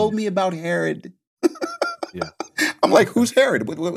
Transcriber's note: laughing